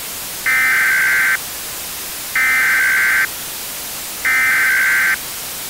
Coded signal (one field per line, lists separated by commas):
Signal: Emergency Alert System (SAME) tones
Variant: header bursts